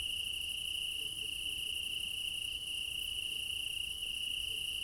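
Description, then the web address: Crickets trilling without pause, a bright even band of sound holding steady the whole time, with a thin high hiss above. Meadow at night in Crimea in summer; quad ambience recorded with ORTF microphone pair offset by 3 m, front pair. "Alexander Kopeikin - Quad ambience of Crimea in summer 20 meadow night ambience, crickets, ortf offset by 3 m, front"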